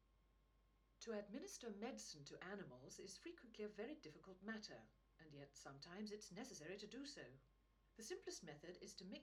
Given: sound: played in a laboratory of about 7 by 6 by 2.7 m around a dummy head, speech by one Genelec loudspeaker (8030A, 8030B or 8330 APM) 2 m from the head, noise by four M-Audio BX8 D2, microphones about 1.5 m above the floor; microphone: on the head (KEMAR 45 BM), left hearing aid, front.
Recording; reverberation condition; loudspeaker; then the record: female speech in English; low; 60 degrees to the left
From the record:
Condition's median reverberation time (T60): about 310 ms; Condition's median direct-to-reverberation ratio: about 3.5 dB